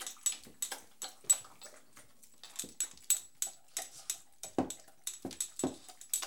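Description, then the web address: Beagle lapping water in a steady run of wet, clicking laps, with a few deeper, splashy laps near the end. Beagle dog drinking water. "BBC Sound Effects. Beagle dog drinking water"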